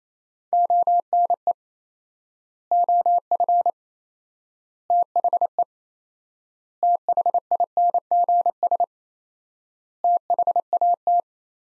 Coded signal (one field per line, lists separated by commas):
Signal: Morse code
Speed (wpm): 28 wpm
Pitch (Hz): 700 Hz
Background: none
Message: ONE OF THE THINGS THAT